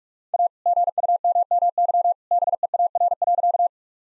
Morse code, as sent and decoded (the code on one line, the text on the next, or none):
.- / --. ..- -- -- -.-- / -... . .- .-. .-.-.-
A GUMMY BEAR.